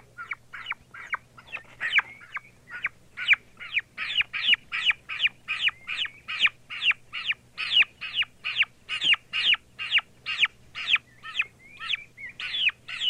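Turkey chicks in a long run of shrill peeps, rapid and slightly irregular.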